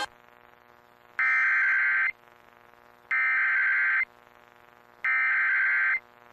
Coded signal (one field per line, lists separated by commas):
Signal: Emergency Alert System (SAME) tones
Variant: header bursts